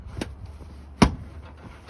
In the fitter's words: Hear a snap, you're good.